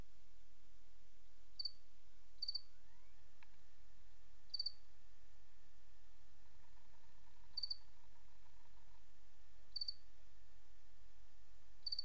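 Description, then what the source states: Cricket chirps, short high pulsed bursts repeated irregularly every one to three seconds, over constant hiss, with a brief rising whistle-like sweep and a faint steady tone. Recorded 28 August 2007.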